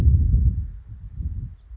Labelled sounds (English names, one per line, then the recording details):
House Finch
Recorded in Sonoma County, California